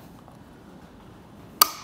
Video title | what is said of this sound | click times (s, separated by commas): DIY 2023 Chevrolet Suburban Installation for the Thule SquareBar Evo Roof Rack for Flush Rails | you'll hear it click just like that to know that you have the desired torque | 1.6 s